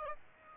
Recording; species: mosquito wingbeat signal from an infrared sensor; Aedes aegypti